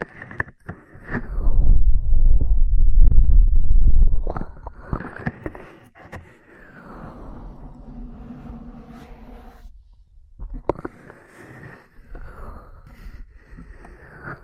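Ear cleaning and massage sounds: a heavy, muffled low rubbing swell dominates from about one to four seconds, then gives way to softer scratchy brushing and sweeping strokes. Occasional sharp clicks and taps punctuate the quieter second half, with a brief pause near ten seconds.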